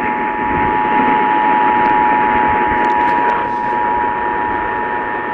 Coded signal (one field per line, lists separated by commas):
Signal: Emergency Alert System (SAME) tones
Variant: 853 and 960 Hz attention tone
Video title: KERN COUNTY TESTS! Broadcast Radio EAS: Required Monthly Test (EAS #271-272)